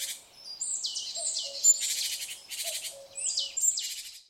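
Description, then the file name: Great tit calls: harsh, buzzy high-pitched bursts in uneven phrases, with a few faint short low notes. "Parus major"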